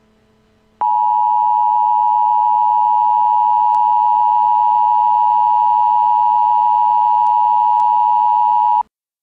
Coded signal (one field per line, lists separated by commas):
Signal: Emergency Alert System (SAME) tones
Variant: 853 and 960 Hz attention tone